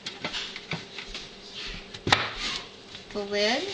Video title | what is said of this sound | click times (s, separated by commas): June 6, 2026 | And that snaps into place. | 2.1 s